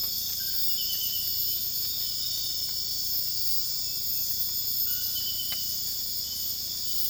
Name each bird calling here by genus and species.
none